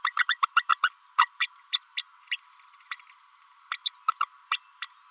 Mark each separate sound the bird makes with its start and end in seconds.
0.04-0.13, 0.18-0.25, 0.28-0.35, 0.42-0.46, 0.56-0.62, 0.69-0.76, 0.83-0.89, 1.18-1.25, 1.40-1.47, 1.73-1.79, 1.97-2.03, 2.31-2.37, 2.91-2.96, 3.71-3.77, 3.85-3.90, 4.08-4.12, 4.20-4.23, 4.51-4.58, 4.82-4.92